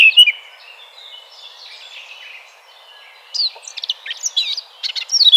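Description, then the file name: Eurasian blackcap calls and song: a few bright notes at the start, a quiet pause, then a rush of varied chirps, slurred whistles and warbled phrases. "Sylvia atricapilla"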